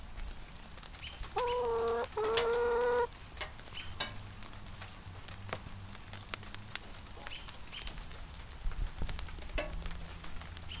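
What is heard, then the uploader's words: Chickens call over steady rain. A drawn-out, wavering cry comes twice in quick succession near the start, loud, and then stops. Throughout, dense patter and sharp drips crackle on surfaces over a low, soft rumble. Chickens in the rain.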